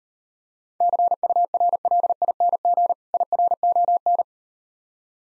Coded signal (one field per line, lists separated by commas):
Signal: Morse code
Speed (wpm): 39 wpm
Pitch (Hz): 700 Hz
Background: none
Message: CURLING IRON